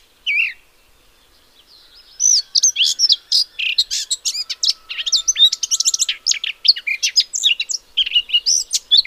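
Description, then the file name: Eurasian blackcap song: a single short note, a pause, then a long, fast, varied warble of high scratchy and fluty notes running without a break to the end. "Sylvia atricapilla"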